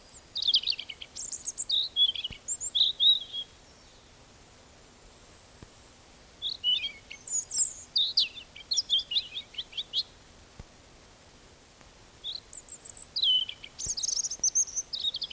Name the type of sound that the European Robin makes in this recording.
song